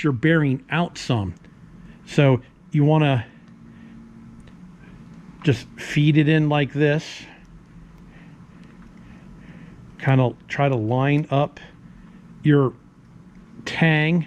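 A steel connecting-rod bearing shell is fed by hand into the connecting rod or rod cap of a 1967 Mustang 351W engine and lined up by its locating tang before being pressed in. Someone talks throughout, with a faint brief tick near 4.5 seconds. Nothing has seated or clicked yet.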